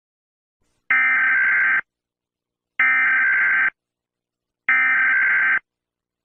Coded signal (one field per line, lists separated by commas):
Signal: Emergency Alert System (SAME) tones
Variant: header bursts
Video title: Dubunking eas alarms part 1 #easalarm